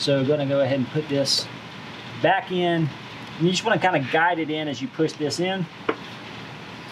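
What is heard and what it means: Someone talks while a plug-in grommet/connector in the brake booster area under the cowl of a 2010–2015 Gen 3 Toyota Prius, knocked back in during a brake booster and actuator replacement for a C1391 code, is guided back into position and pushed in. A steady background hiss runs underneath. Nothing has seated or clicked yet.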